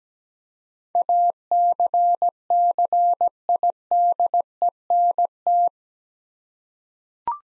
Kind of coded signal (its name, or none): Morse code